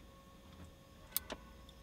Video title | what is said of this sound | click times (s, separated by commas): Audi A4 2007-2008 Radio Installation | oh so now it's clicked in here now you can take it out of you just a little tip you | 1.2 s